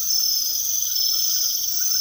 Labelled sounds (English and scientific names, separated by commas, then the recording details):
none
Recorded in secondary vegetation near Puerto Asís, Putumayo, Colombia, on 18 February 2024 at 00:00
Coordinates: 0.500, -76.326
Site G6428